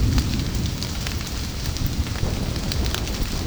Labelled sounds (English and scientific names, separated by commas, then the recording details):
none
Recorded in secondary vegetation near Puerto Asís, Putumayo, Colombia, on 9 March 2025 at 12:00
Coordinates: 0.481, -76.318
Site G097